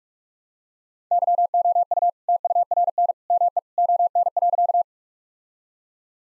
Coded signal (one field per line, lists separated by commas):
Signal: Morse code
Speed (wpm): 42 wpm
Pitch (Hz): 700 Hz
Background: none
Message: YOU TURN ME ON.